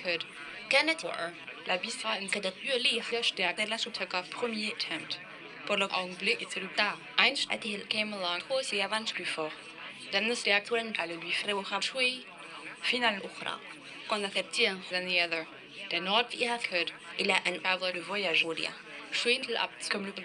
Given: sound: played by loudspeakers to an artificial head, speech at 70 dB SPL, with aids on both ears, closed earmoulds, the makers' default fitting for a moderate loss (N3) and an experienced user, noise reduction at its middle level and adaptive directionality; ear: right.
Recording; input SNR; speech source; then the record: speech test signal (ISTS) in cocktail-party noise; +9 dB; on the right (90 degrees)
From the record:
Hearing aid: class 2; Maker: I